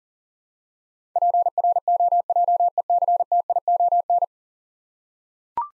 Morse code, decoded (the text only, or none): PROJECTION